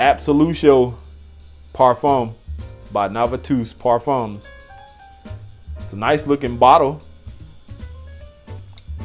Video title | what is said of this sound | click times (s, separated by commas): Major Haul Video Part Three | i wish the cap snapped in place um but i'm not being picky | none